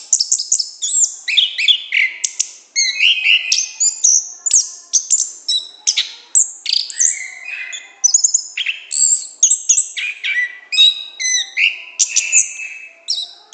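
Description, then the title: Orange-headed thrush singing a long, dense medley of loud whistled phrases, buzzy trills and quick chirps, barely pausing between notes. Continuous, loud, open song, called gacor ngeplong in Indonesian bird-keeping terms. "Anis Kembang Gacor Ngeplong Istimewa Suara Burung"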